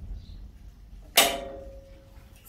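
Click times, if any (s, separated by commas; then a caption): 1.2 s. A handbrake lever on an off-road trailer is pulled one more notch, and its ratchet pawl engages the quadrant with a sharp metallic click at 1.2 s. The click leaves a ringing tone that fades over about a second. The handbrake is confirmed locked at the fourth click.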